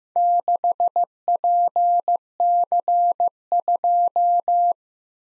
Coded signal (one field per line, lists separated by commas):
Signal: Morse code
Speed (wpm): 18 wpm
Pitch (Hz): 700 Hz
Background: none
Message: 6PC2